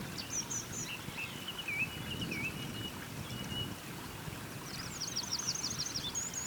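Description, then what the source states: Birds singing: a few thin whistled notes early, then a quick high trill toward the end, partly masked by steady rushing water. Birds singing beside a small river.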